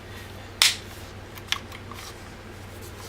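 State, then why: Seated. A replacement plastic back shell is pressed onto the front shell of a Steam Deck handheld gaming PC during a shell swap, and its clips close with a loud crunch at 0.6 s and a sharper second click at 1.5 s, followed by a few faint ticks. The clips crunch together rather than snapping crisply, but the shell is seated and together as intended.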